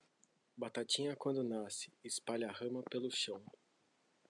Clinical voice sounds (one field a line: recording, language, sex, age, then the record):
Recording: short text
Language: Brazilian Portuguese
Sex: male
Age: 20 to 29 years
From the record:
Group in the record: control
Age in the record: 26 years